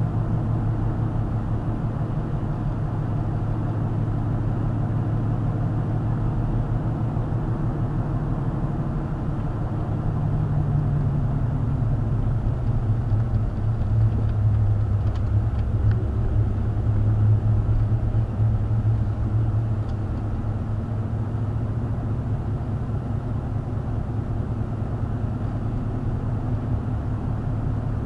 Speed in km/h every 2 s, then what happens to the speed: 53, 52, 53, 55, 56, 45, 37, 34, 35, 37, 42, 40, 42, 44.
0-8 steady at about 53. 8-13 brakes to 34. 20-28 steady at about 42.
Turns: 11-19.